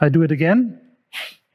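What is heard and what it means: Someone talks briefly while repeating the donning of a leg prosthesis socket, sliding the limb with its liner connection toward the socket where it locks. After the voice, a short broadband hiss-like noise is heard from about 1.1 to 1.4 s. Nothing has seated or clicked yet.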